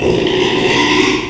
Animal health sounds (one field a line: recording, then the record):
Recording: squeal of a Yucatan mini pig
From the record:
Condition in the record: after surgery on the right vocal fold (resection and tissue-engineered implant)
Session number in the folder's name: 1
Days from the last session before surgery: 6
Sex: male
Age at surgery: 12 weeks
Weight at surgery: 13 kg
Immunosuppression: cyclosporine, prednisolone